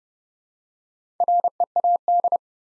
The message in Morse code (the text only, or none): READ